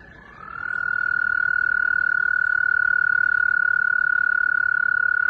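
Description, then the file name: Frog giving a sustained trill that swells in and rises briefly before settling into a fast, even, steady-pitched pulsing. "rana"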